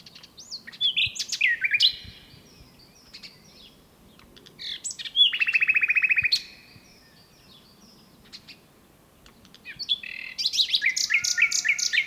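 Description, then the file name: Common nightingale song in three bursts: varied sharp notes, a fast buzzy trill in the middle, and a rapid repeated rattling phrase at the end, with pauses between. "Luscinia megarhynchos"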